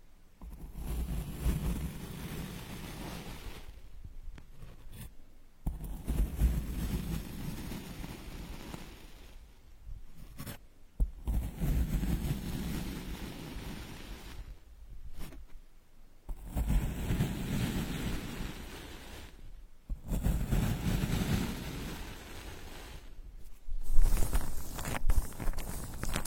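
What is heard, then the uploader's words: Straws dig and scrape against a microphone ear in repeated bursts, each lasting about four seconds and separated by brief near-silent pauses. The scraping is dense and rumbling, heavy in the low end with a fainter crackly hiss above, and grows a little louder near the end. Unique straw therapy ear digging experience.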